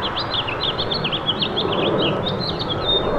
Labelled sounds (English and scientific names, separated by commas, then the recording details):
House Finch (Haemorhous mexicanus) song
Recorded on Long Island, New York, on 20 April 2012
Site GC
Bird D